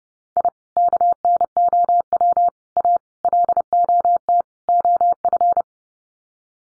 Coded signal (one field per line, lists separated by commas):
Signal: Morse code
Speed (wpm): 30 wpm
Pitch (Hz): 700 Hz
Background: none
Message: I KNOW A LOT OF